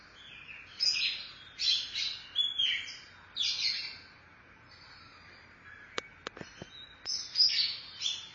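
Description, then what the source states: Oriental magpie-robin delivering buzzy high phrases, then a pause broken by a few sharp clicks before the song resumes. Chirping song (kicauan) of the bird.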